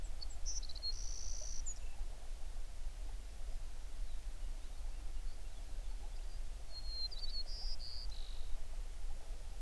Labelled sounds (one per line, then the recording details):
songbird
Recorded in the Prudhoe Bay oil fields, Alaska, on 11 June 2019 at 05:37
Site 21